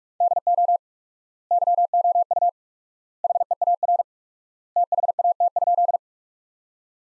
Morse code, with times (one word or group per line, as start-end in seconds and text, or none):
0.2-0.8 DO
1.5-2.5 YOU
3.2-4.0 HEAR
4.8-6.0 THAT?